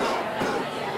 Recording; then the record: coughing mixed with background sound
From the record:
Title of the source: Coughing 77